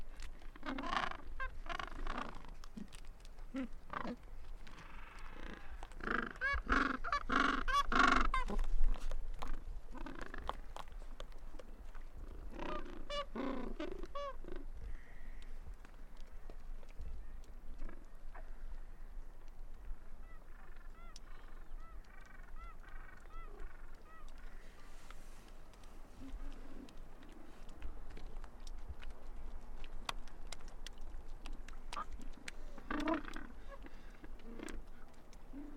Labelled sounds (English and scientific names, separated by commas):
Gentoo Penguin (Pygoscelis papua) call